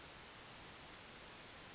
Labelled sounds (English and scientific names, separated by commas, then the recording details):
California Towhee (Melozone crissalis)
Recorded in Sonoma County, California